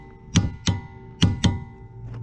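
A click-type torque wrench set to 150 ft-lb is tightening a lock nut on a Miata differential. Four sharp metallic clicks ring out at 0.4, 0.7, 1.2 and 1.4 seconds. The wrench clicks at its setting and is clicked a few more times to confirm the torque.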